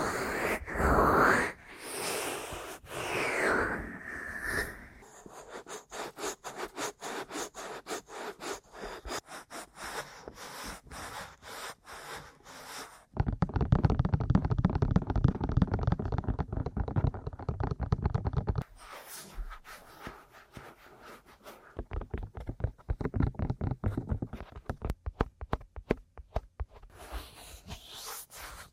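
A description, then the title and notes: Aggressive ear massage and tapping: rough rubbing first, then dense rapid tapping bursts, a loud heavy stretch midway, and quicker scratchy taps later. ASMR Aggressive Ear Massage & Tapping (No Talking).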